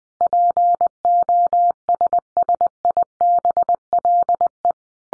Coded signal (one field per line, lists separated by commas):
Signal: Morse code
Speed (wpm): 20 wpm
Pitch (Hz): 700 Hz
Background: none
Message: POSSIBLE